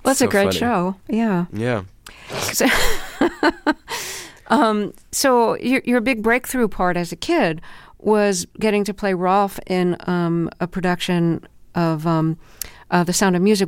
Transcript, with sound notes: Well, it's a great show, yeah.
Yeah.
(Laughter) So your big breakthrough part as a kid was getting to play Rolfe in a production of "The Sound Of Music."